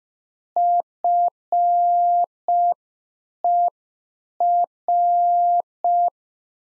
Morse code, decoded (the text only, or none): FER